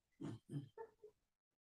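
Four low, rough snorting breaths come in quick succession over about a second. The first two are deep and rattly, and the last two turn more nasal and whistly. This is a pet named Holly snoring in the background.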